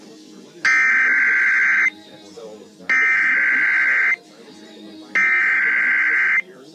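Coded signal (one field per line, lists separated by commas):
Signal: Emergency Alert System (SAME) tones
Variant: header bursts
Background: speech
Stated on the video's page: Test tornado watch and warning drill alerts from the 2018 Iowa Severe Weather Awareness Week, received on TV and radio.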